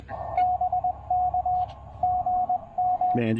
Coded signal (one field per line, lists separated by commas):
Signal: Morse code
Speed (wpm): 21 wpm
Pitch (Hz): 730 Hz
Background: speech, radio noise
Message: BK GM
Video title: POTA on the cheap with my new-to-me TEN-TEC R4020 QRP transceiver!